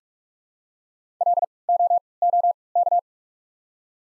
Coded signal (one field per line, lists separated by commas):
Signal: Morse code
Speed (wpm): 43 wpm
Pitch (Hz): 700 Hz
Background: none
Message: L O O K